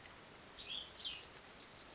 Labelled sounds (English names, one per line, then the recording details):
Cassin's Vireo
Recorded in Sonoma County, California